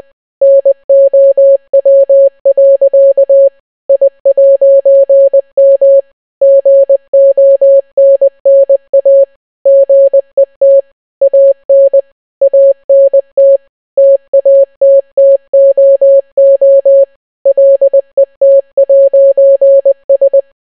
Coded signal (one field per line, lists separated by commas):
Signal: Morse code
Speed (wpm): 20 wpm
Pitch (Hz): 550 Hz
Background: none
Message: NOW. I'M GONNA GET AN ANT TATTOO LET'S